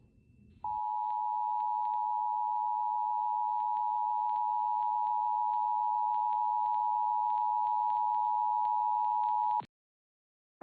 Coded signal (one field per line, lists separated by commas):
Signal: Emergency Alert System (SAME) tones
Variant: 853 and 960 Hz attention tone